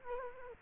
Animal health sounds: mosquito wingbeat signal from an infrared sensor; Culex quinquefasciatus

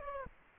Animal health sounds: mosquito wingbeat signal from an infrared sensor; Aedes aegypti

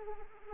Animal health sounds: mosquito wingbeat signal from an infrared sensor; Anopheles arabiensis

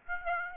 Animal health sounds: mosquito wingbeat signal from an infrared sensor; Aedes aegypti

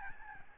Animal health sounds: mosquito wingbeat signal from an infrared sensor; Aedes albopictus

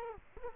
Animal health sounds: mosquito wingbeat signal from an infrared sensor; Culex quinquefasciatus

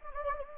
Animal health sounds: mosquito wingbeat signal from an infrared sensor; Anopheles gambiae

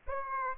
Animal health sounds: mosquito wingbeat signal from an infrared sensor; Aedes aegypti

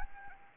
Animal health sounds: mosquito wingbeat signal from an infrared sensor; Anopheles arabiensis

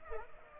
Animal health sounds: mosquito wingbeat signal from an infrared sensor; Culex pipiens

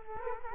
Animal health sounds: mosquito wingbeat signal from an infrared sensor; Culex quinquefasciatus

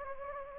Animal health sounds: mosquito wingbeat signal from an infrared sensor; Anopheles gambiae

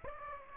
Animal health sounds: mosquito wingbeat signal from an infrared sensor; Aedes aegypti

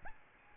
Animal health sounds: mosquito wingbeat signal from an infrared sensor; Aedes albopictus

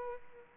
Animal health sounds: mosquito wingbeat signal from an infrared sensor; Aedes aegypti

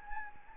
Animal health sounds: mosquito wingbeat signal from an infrared sensor; Anopheles gambiae

